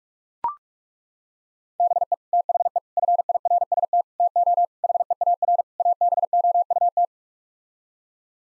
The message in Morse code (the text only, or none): BE THE FIRST TO HEAR ABOUT